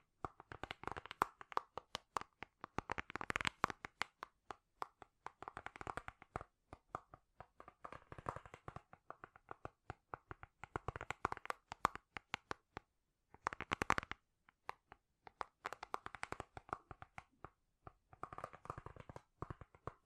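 Rapid tapping in quick, uneven bursts of sharp clicks, crisp and bright, like fingertips or nails drumming on a hard surface. The taps come in clusters of a few seconds each, broken by short silences near thirteen and seventeen seconds.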